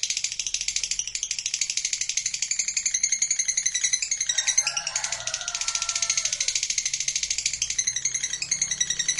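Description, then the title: Lovebird sustaining a rapid, buzzy chattering trill, with a lower warbling passage near the middle. Pet lovebird that is lazy about singing; sound used to stimulate it so it becomes eager and promptly 'narik' (sings at length). "LOVEBIRD Malas Bunyi JADI GREGET SPONTAN Langsung NARIK"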